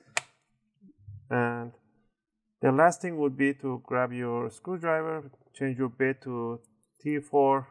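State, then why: Seated. The plastic clips of a Dell XPS 12 9Q23 laptop's bottom cover snap into the chassis as the corners are pressed down during a repaste service, with one sharp click at 0.2 s showing the cover has seated. Someone talks for the rest of the clip.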